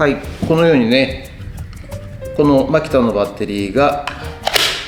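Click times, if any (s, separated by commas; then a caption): 4.5 s, 4.6 s. A Makita slide-in cordless tool battery is pushed into a power adapter used to run a 12 V submersible pump while someone talks. Two sharp snaps are heard at 4.5 s and 4.6 s as the battery seats in the adapter.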